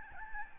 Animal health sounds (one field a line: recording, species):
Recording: mosquito wingbeat signal from an infrared sensor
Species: Aedes albopictus